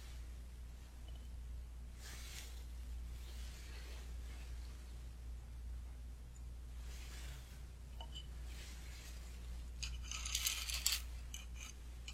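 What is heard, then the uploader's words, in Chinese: Traditional Chinese medicine being measured and herbs pounded. A steady low hum runs underneath, with soft rustling bursts around 2, 7 and 9 seconds. Near 10–11 seconds come crisp, bright clinking and scraping taps, like small metal or coins. 中医配药、捣药触发音。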